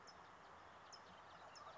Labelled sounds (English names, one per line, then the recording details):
California Towhee
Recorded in Sonoma County, California